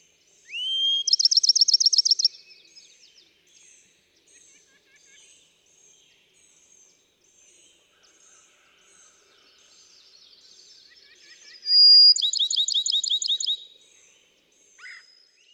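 Bachman's sparrow sings twice: each phrase starts with a clear whistle and runs into a fast, ringing trill, with soft chirping in between.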